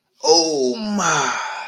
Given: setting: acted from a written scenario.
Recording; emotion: vocal sound without words; ecstasy